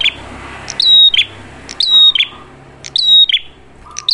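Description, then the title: Ashy tailorbird giving shrill repeated phrases of high chips and a drawn whistle, about one per second, with a soft low buzz between some phrases. Red-headed prenjak singing actively ('gacor'); clear recording meant for training caged birds (masteran) or luring (pikat). "Masteran Duet Cililin Vs Kapas Tembak. Prenjak Kepala Merah Gacor [ Suara Jernih, Sangat Cocok Buat Masteran Ataupun Buat Pikat ]"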